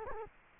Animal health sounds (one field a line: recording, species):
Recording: mosquito wingbeat signal from an infrared sensor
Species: Culex quinquefasciatus